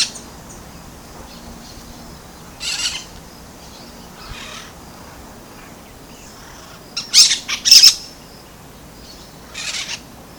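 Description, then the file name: Brown-throated parakeet giving scattered harsh, rasping screeches, a pair in quick succession in the second half and single ones before and after, over a quiet hiss. Recorded at Bubali, Aruba, on 15 November 2012. "Aratinga-pertinax-Bubali-Aruba-15-11-12-ASilveira"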